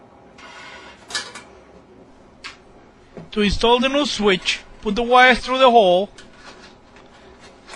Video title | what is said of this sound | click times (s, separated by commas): General Electric Washing Machine Not Spinning ? | and with a screwdriver push on the holding tab until it pops out and then remove it | 1.2 s